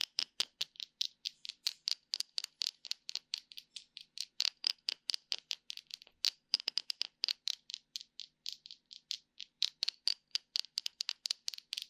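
Quick tapping for tingles, a steady run of sharp, crisp taps with a bright, slightly crunchy edge. The taps come fast and fairly even, several per second, with small pauses and bursts throughout and nothing else underneath.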